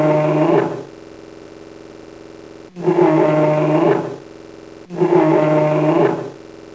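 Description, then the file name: Polar bear giving growling moans: three harsh, low, harmonic bursts, each up to about one and a half seconds long, separated by short quiet gaps, with a faint steady hum between. Captive animal at a zoo. "Polar Bear-Assiniboine Zoo"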